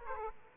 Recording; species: mosquito wingbeat signal from an infrared sensor; Aedes aegypti